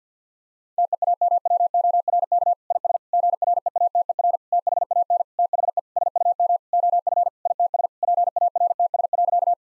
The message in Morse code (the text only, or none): TEAMWORK IS GREATER THAN THE SUM OF ITS PARTS.